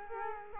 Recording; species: mosquito wingbeat signal from an infrared sensor; Culex quinquefasciatus